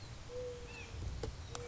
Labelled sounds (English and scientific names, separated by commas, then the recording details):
Mourning Dove (Zenaida macroura)
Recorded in Sonoma County, California